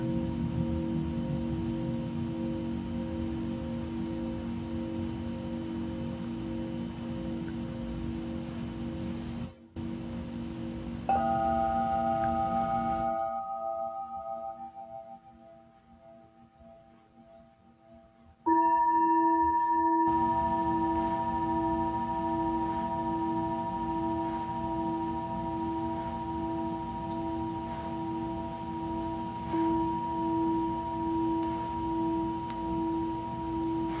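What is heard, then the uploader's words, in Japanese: Singing bowls hum with long, steady ringing tones for sound healing. A low, wavering drone fills the first half; near 11 seconds a bowl is struck and rings clear, then the sound drops nearly away until a fresh bright strike at 18 seconds rings out, slowly pulsing to the end. シンギングボウルのサウンドヒーリング。チベタンシンギングボウル。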